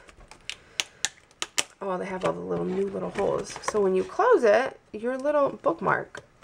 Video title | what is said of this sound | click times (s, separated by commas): Erin Condren Haul - Warehouse Sale Part 2 - Limited Edition Notebooks & More! | me snap this guy into this notebook oh | 0.8 s, 1.1 s, 1.4 s